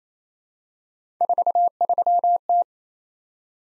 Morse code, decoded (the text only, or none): 43T